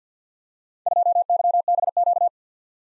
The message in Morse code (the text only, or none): 2YBQ